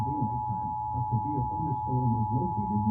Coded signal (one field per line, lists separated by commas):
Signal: Emergency Alert System (SAME) tones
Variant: 853 and 960 Hz attention tone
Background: speech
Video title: My second compilation! (EAS alerts from 10/5/2021 (EAS #34-40